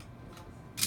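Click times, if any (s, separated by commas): 0.8 s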